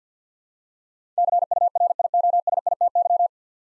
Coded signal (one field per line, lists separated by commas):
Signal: Morse code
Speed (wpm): 47 wpm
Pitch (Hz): 700 Hz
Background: none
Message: CURIOSITY